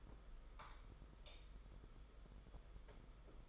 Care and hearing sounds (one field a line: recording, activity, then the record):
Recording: daily activity, microphone in the room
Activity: light on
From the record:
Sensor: 5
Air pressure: 991.1 hPa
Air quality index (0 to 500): 109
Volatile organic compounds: 25 ppm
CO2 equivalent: 2825 ppm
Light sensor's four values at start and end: 18/43/17/19 and 19/48/19/21